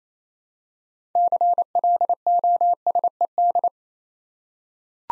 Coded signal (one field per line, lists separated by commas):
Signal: Morse code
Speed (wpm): 27 wpm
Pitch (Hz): 700 Hz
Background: none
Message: CLOSED